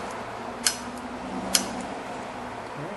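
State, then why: Torque reached. A new valve stem is screwed into a tire pressure sensor body with a torque-limiting valve installer tool until the tool slips. Two sharp, short clicks sound at 0.7 s and 1.6 s over a quiet, steady background. The tool clicks at its setting, confirming the valve stem is torqued.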